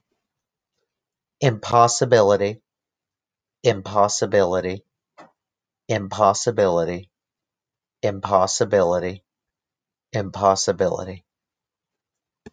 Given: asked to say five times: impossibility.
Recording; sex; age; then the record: repeated word; male; 30 to 39 years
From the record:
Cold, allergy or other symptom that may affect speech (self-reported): no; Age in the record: 30 years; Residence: Rhode Island, United States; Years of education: 18